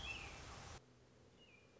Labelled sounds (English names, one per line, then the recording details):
American Robin
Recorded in Sonoma County, California